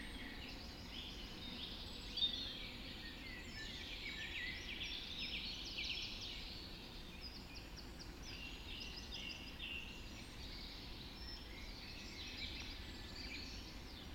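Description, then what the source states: Birds singing together at dawn, a steady mix of trilled and chattering songs, one sharp loud note early on, over constant low background noise. Dawn chorus recorded just after dawn in the Forest of Dean.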